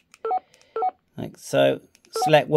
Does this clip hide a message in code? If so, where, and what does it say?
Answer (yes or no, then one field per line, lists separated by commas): no